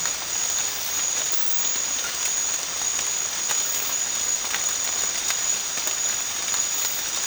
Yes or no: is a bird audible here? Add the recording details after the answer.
no. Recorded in pastures near Puerto Asís, Putumayo, Colombia, on 8 March 2025 at 02:30. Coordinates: 0.502, -76.324. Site GP07